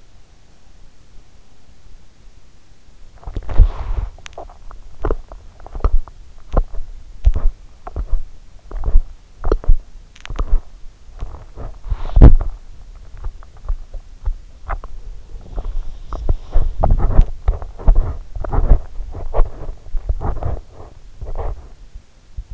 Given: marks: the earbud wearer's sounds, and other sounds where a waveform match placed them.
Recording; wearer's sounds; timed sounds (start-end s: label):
sounds in sleep by an in-ear microphone; body movement, swallowing, teeth grinding
2.65-4.39 s: body movement
4.05-5.02 s: swallowing
5.47-22.53 s: teeth grinding
11.54-12.61 s: body movement
15.03-18.47 s: body movement